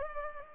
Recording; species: mosquito wingbeat signal from an infrared sensor; Culex pipiens